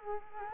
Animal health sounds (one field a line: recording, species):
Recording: mosquito wingbeat signal from an infrared sensor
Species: Culex quinquefasciatus